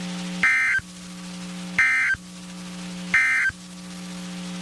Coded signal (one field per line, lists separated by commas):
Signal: Emergency Alert System (SAME) tones